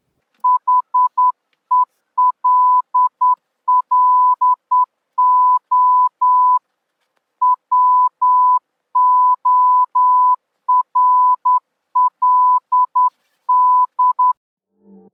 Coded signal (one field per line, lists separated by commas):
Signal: Morse code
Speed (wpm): 9 wpm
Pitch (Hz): 1000 Hz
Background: none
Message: HELLO WORLD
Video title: Raspberry Pi reads me your comments in Morse Code